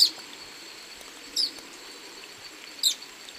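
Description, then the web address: Social flycatcher uttering three quick, piercing high notes spaced about one and a half seconds apart, with a continuous faint high hum behind. Song; recorded in the eastern lowlands of South America. "Natures Songs S America Eastern Lowlands. Myiozetetes similis, song"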